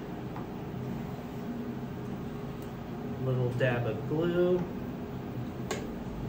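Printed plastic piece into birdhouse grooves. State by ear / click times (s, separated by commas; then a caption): seated / 5.7 s. A 3D-printed plastic piece with a dab of glue and activator is pressed into its grooves on a birdhouse. Someone talks over a steady low hum, then a sharp click is heard at 5.7 s as the piece pops into the grooves and seats.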